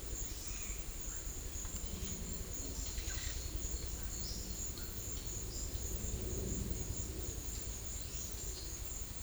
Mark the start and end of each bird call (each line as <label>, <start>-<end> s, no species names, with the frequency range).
bird call (1.7-5.6 kHz), 0.28-0.94 s
bird call (1.0-5.9 kHz), 2.76-3.48 s
bird call (3.3-6.0 kHz), 3.92-5.93 s